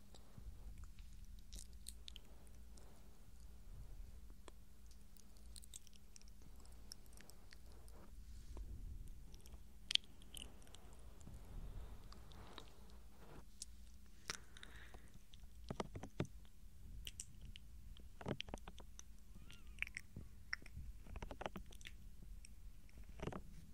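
Soft mouth sounds and ear touching: small wet clicks, taps and crunchy bites scattered throughout, busier after the midpoint with a sharp tap near ten seconds. Underneath runs a steady low hum, with the sounds staying quiet and gentle.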